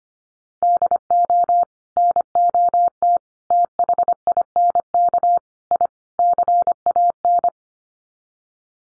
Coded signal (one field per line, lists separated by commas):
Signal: Morse code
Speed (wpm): 25 wpm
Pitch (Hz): 700 Hz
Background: none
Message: DO NOT THINK I CAN